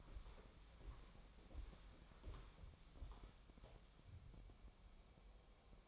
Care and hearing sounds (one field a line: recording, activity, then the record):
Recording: daily activity, microphone in the room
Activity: walk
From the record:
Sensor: 1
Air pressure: 1015.4 hPa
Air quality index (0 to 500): 126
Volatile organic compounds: 5 ppm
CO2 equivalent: 1724 ppm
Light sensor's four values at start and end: 14/34/14/15 and 14/33/14/15